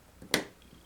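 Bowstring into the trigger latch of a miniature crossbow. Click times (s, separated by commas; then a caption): 0.3 s. A 1:6 scale miniature crossbow's string is pulled back evenly by both sides until it catches in the trigger latch. A faint tick comes at about 0.2 s, then a sharp, bright click at 0.3 s that fades quickly. The string clicks into place and is seated in the latch.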